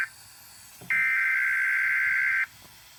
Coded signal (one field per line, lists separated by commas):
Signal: Emergency Alert System (SAME) tones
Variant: header bursts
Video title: KDKA RWT (5/9/21) EAS 239-240